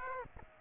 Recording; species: mosquito wingbeat signal from an infrared sensor; Aedes aegypti